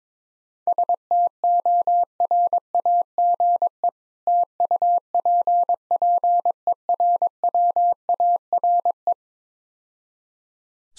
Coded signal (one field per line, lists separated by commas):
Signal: Morse code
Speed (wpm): 23 wpm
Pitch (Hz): 700 Hz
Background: none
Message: STORAGE TUPPERWARE